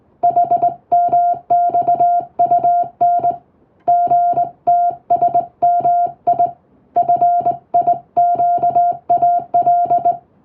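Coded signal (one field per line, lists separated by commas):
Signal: Morse code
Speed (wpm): 20 wpm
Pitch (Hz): 700 Hz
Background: music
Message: HMXUN GTSMI FIQAL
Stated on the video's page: English-text Morse practice sent with a telegraph key by a first-class radiotelegraph operator, using a telegram practice book; playback speed adjustable for practice.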